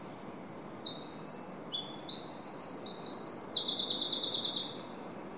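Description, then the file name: Eurasian wren song, a vigorous stream of high, tinkling notes leading into a dry, rapid trill before stopping near the end. "Troglodytes troglodytes"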